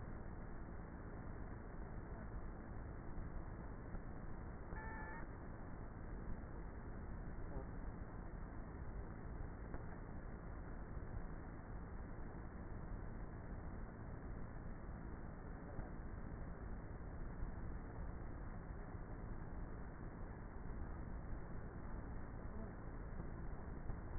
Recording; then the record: honeybee colony, microphone inside the hive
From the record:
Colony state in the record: queenless with a low population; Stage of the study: before two queens were removed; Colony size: about 30,000 bees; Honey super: no